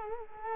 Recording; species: mosquito wingbeat signal from an infrared sensor; Culex quinquefasciatus